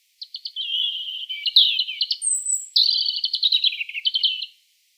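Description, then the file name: European robin song in two rich phrases of rapid, high, warbled trills, with a single thin high whistle between them. "Erithacus rubecula"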